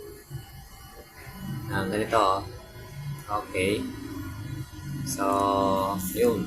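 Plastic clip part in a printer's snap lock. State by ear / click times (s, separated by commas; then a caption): not seated / none. A plastic clip part inside an Epson printer, which has no screws, is being handled and pushed toward its snap lock while working on a paper jam. Someone talks over faint background music with some light handling noise. Nothing has seated or clicked yet.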